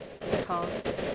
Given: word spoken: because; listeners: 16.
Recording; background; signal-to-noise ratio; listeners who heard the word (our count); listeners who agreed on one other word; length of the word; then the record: one English word in noise, from a listening test; noise modulated by three-talker babble; -4.2 dB; 1 of 16; 6 of 16; 0.75 s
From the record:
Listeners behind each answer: 6, 5, 2, 1, 1, 1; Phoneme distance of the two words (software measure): 44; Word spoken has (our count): 2 syllables, 5 phonemes, stress on syllable 2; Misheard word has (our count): 1 syllable, 3 phonemes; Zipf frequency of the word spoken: 6.22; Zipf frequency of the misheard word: 5.14